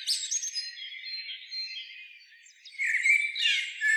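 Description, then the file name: Eurasian blackbird song: thin twittering notes, loud at first, quieter in the middle, then louder again near the end. "Turdus merula"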